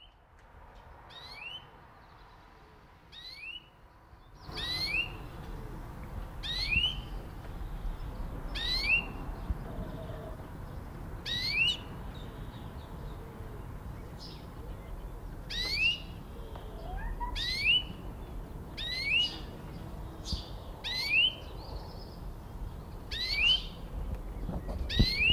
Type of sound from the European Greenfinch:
call